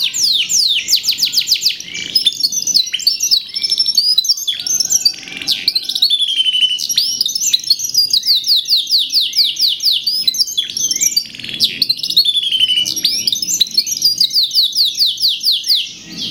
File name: audio kenari liontin